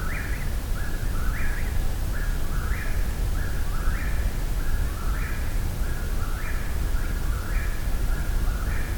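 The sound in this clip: Eastern Whip-poor-will song: a rolling three-part whistled phrase, rising then dipping, repeated steadily over a steady background hiss.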